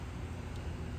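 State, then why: Not seated. A new wiper blade's plastic clip adapter is handled as it is fitted, rounded part up, onto the metal wiper arm hook. Only a steady, broad hiss with a low rumble is heard, with no distinct sudden sounds. Nothing has seated or clicked yet.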